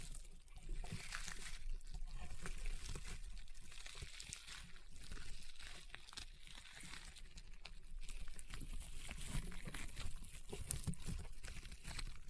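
Slime is squeezed and worked in a dense, continuous stream of crunchy crackles and wet pops, with bright clicking throughout. The texture shifts constantly with irregular bursts, and a soft low rumble runs underneath the whole twelve seconds.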